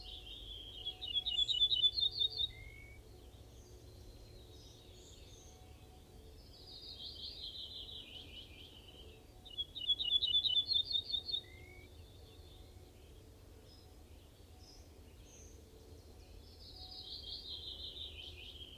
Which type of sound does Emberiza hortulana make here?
song